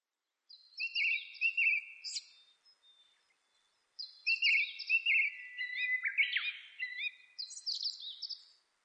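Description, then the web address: Japanese thrush singing two clear, high phrases: fluting whistles mixed with quick trilled notes, a short pause between them, against a quiet background. Recorded 26 April 2006. "2006 060426 kurotugumi"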